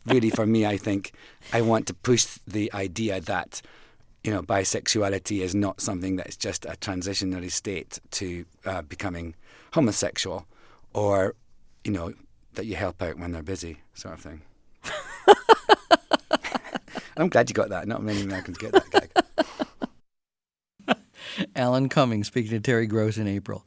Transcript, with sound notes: for me, I think, I want to push the idea that, you know, bisexuality is not something that is just a transitionary state to becoming homosexual or, you know, that you help out when they're busy sort of thing.
(LAUGHTER)
I'm glad you got that. Not many Americans get that, Terry.
Alan Cumming speaking to Terry Gross in April.